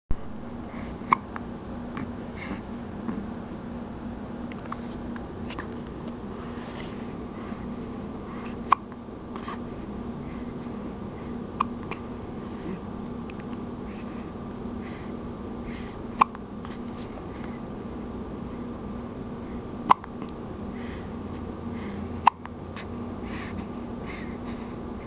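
A child hiccups repeatedly, about seven brief, sharp hiccups at irregular intervals over steady low background noise.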